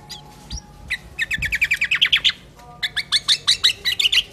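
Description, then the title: Sooty-headed bulbul singing a rapid run of bright, evenly spaced notes that climb slightly, a short gap, then another quick string of ringing chirps. "Kutilang"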